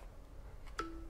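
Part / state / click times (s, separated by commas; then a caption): magnetic battery grip onto the back of a smartphone / seated / 0.8 s. A magnetic battery and shutter grip is snapped onto the back of a smartphone, and it seats with a single sharp snap at 0.8 s. A short tonal ring follows, with a steady tone lasting to the end of the clip, and the phone then begins charging.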